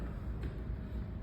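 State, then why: Not seated. A rinsed tank part is lined up and pressed against an X-Scrub Mini floor scrubber, ready for the quarter turn that locks it back on. Soft handling noise sits over a steady low rumble, with a brief faint bump at about 0.4 s. Nothing has seated or clicked yet.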